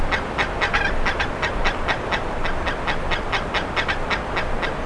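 Bird calls: a run of clipped, rasping notes repeated quickly against heavy low rumbling noise.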